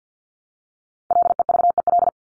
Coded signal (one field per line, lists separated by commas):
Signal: Morse code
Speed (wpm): 48 wpm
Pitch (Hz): 700 Hz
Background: none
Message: LEVEL